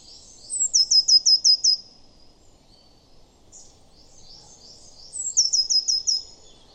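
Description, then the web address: Eurasian blue tit: a fast run of six bright high notes, soft twittering between, then another quick run of five similar notes. "cianscape. Deverinetal"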